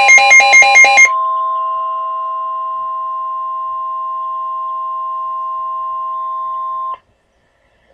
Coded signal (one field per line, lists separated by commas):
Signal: Emergency Alert System (SAME) tones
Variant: 1050 Hz attention tone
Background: music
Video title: Severe T-Storm Warning [EAS #141] 8-9-12